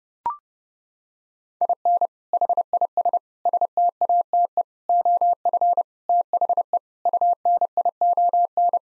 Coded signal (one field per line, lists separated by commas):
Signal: Morse code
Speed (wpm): 30 wpm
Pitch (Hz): 700 Hz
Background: none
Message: IN HIS STATE OF THE UNION